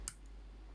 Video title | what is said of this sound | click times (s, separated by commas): Transformers G1 Headmaster Jr Bullhorn(Horribull) Review Super God Masterforce | You heard that? That clicks into place. | 0.1 s